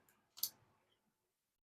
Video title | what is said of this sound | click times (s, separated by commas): Surron Titan X Installment Instructions with Moe Production | and just push them until you hear that click. | 0.4 s